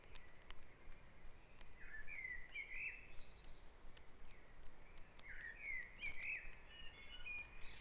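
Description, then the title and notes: Bird song: two short warbled phrases with rising and falling whistled notes, a few seconds apart, over a steady low background rumble. Dawn chorus at Back Dragon Avenue, Harrogate. "Dawn Chorus // Back Dragon Avenue, Harrogate. Sound Map Of Harrogate"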